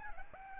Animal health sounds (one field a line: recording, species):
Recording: mosquito wingbeat signal from an infrared sensor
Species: Aedes albopictus